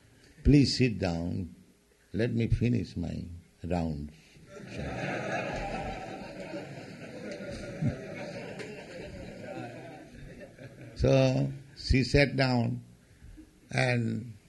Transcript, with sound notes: Please sit down. Let me finish my rounds." [laughter] So she sat down, and